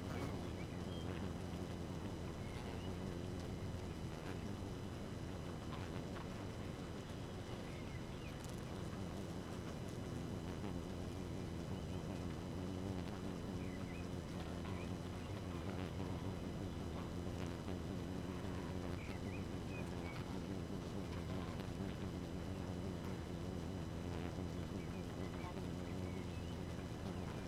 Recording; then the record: honeybee colony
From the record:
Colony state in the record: active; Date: 12 June 2018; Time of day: 2:51